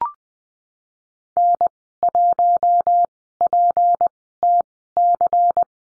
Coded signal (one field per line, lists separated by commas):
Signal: Morse code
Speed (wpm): 20 wpm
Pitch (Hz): 700 Hz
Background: none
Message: N1PTC